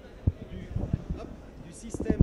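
A first-aid rescue pouch is brought up to a harness carrying system and lined up with its mounting studs while someone talks, with a short thump near 0.3 s and soft handling rustles. Nothing has clipped on yet.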